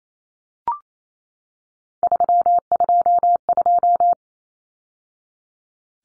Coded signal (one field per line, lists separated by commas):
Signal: Morse code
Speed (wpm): 28 wpm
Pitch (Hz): 700 Hz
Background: none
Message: 322